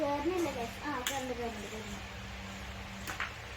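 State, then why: Seated. A plastic frame piece of a baby gym play mat is pushed into its socket while someone talks. A sharp click at 3.2 s marks the piece locking in place and staying seated.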